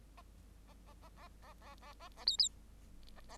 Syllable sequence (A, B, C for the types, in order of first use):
A A A A A A A A A B B A A